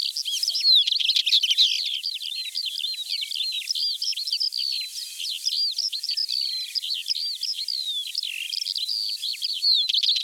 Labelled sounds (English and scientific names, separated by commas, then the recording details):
Northern Wheatear (Oenanthe oenanthe) song
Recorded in the wild
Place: Neuenwalde / Cuxhaven, Schleswig-Holstein, DE
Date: 1985-05-22
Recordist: Schwarz, Dieter
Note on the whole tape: Song